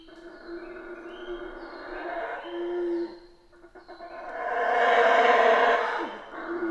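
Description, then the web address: Colombian red howler monkey howling, a guttural roar that dips to near silence, then swells into a loud, rasping crescendo. Recorded in Guatemala. "bugio colombiano gravado na guatemala"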